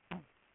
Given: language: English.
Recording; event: throat vibration sensor signal played as sound; throat clearing